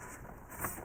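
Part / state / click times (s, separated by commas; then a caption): plastic side mirror cover onto car mirror housing / not seated / none. A plastic exterior mirror cap for a BMW F2x/F3x, with its three tabs lined up with their holes, is handled and pushed back onto the car's mirror housing. Only a low, steady handling rustle is heard, swelling slightly around 0.6 s. Nothing has seated or clicked yet.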